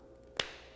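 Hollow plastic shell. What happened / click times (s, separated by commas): The plastic shell halves snapped shut / 0.4 s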